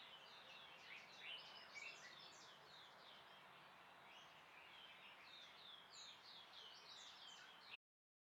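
Birds chirping in a thick overlapping chorus of high twitters that continues steadily, then cuts off abruptly just before the end.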